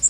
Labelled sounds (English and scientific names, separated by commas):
Yellow Warbler (Setophaga petechia) flight call